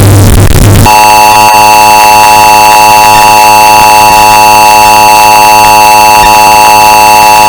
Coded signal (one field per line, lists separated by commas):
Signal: Emergency Alert System (SAME) tones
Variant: 853 and 960 Hz attention tone